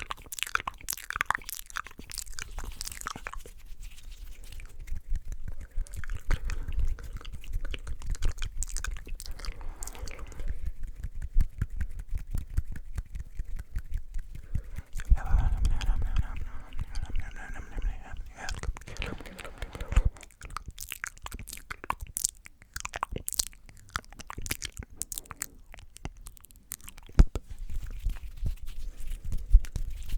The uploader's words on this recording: ASMR The BEST Mouth Sounds & Hand Sounds Lofi Cam (Fast & Aggressive).